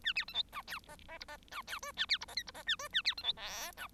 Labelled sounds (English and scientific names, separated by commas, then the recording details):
Bengalese Finch (Lonchura striata domestica) song
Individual Bird1